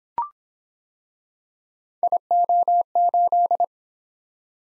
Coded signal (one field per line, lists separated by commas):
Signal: Morse code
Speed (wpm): 26 wpm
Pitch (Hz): 700 Hz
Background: none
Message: IO8